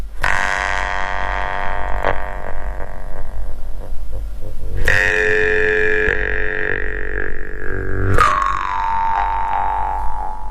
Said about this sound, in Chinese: 比如说这个口弦琴是低音的一个口弦琴。